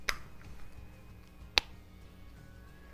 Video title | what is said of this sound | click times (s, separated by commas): Wet n Wild NEW Lipsticks!!!! Mega Last High-Shine Lip Color and Mega Last Matte Lip Color!!!! | this is everything you get and they snap into place you hear that they | 0.1 s, 1.6 s